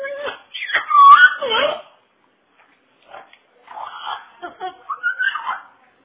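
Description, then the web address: Parrot talking, squeaky speech-like phrases in a quick burst, a pause, then a second run of shorter wavering syllables. Parrot talking, imitating speech. "parrot talking"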